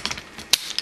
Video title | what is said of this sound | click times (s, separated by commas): Tripod - a photographer's best friend - photo tips & advice | really nice it just snaps right in and | 0.5 s